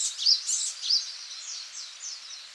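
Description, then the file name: Japanese tit calling with a quick series of high, scratchy chirps, strongest at the start and fading into softer repeated notes. Recorded in Okinawa on 11 March 2006. "sijuukara 1 okinawa kaji"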